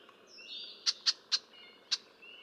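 Red-winged blackbird giving sharp, clicking check notes, three in quick succession and a fourth after a pause, with thin whistles from other birds in the background.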